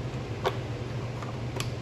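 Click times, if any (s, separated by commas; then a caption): 1.6 s. On a Craftsman snow blower that will not start, the choke/run control rod is lowered in the run position over the carburetor shaft, and it seats with a sharp plastic click at 1.6 s as it engages, ready to ratchet between on and off. A softer tick comes near 0.5 s over a steady low hum.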